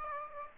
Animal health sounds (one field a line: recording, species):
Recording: mosquito wingbeat signal from an infrared sensor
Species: Aedes aegypti